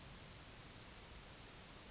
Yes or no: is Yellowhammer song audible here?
no